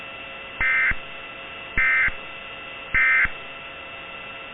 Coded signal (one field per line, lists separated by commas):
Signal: Emergency Alert System (SAME) tones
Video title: NOCTURNAL NIGHTMARE: [EAS/ANALOG HORROR TORNADO SCENARIO]